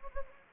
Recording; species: mosquito wingbeat signal from an infrared sensor; Anopheles gambiae